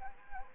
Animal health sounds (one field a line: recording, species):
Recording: mosquito wingbeat signal from an infrared sensor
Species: Anopheles gambiae